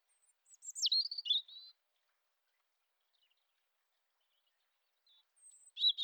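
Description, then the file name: European robin giving a short burst of high, sharp, warbled notes, then near silence before another brief phrase begins at the end. "Erithacus rubecula"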